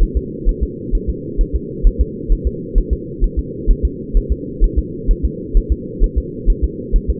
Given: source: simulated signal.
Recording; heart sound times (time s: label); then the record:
fetal heart sounds
0.03 s: S1
0.17 s: S2
0.49 s: S1
0.63 s: S2
0.95 s: S1
1.10 s: S2
1.41 s: S1
1.55 s: S2
1.87 s: S1
2.01 s: S2
2.32 s: S1
2.47 s: S2
2.78 s: S1
2.93 s: S2
3.24 s: S1
3.39 s: S2
3.71 s: S1
3.85 s: S2
4.17 s: S1
4.32 s: S2
4.64 s: S1
4.79 s: S2
5.11 s: S1
5.25 s: S2
5.57 s: S1
5.72 s: S2
6.04 s: S1
6.18 s: S2
6.50 s: S1
6.64 s: S2
6.96 s: S1
7.10 s: S2
From the record:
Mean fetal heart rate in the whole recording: 130 bpm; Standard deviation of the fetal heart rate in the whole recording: 2 bpm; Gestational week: 38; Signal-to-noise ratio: -4.1 dB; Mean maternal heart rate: no maternal heart sound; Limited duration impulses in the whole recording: absent